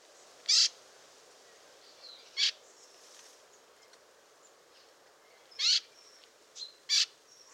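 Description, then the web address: Eurasian blackcap giving hard, clicking tack calls, four loud notes spaced irregularly, with faint thin whistles from other birds behind. "SETE Sylvia atricapilla"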